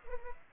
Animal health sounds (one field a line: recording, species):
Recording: mosquito wingbeat signal from an infrared sensor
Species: Culex pipiens